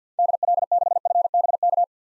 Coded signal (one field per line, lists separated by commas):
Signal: Morse code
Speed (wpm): 50 wpm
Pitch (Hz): 700 Hz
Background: none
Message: DL6FBK